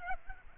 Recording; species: mosquito wingbeat signal from an infrared sensor; Aedes albopictus